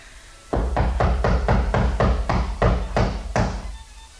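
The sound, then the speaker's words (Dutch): A traveler knocks again on the moonlit wooden door of flat number 3, a steady series of about eight firm knocks evenly spaced at a quick rhythm with solid low thuds, heard on their own without any voices. “Zei de reiziger toen hij op de maan verlicht de deur klopte.”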